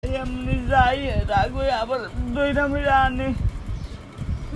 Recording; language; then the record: elicited speech; Bengali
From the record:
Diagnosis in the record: Broca's or global aphasia after a stroke